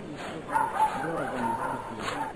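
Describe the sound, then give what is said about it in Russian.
A dog barks and yips several times in short, mid-pitched bursts spread over a couple of seconds, over a steady background murmur that may include indistinct voices. “Сначала он услышал собачий лай, а затем мужские голоса.”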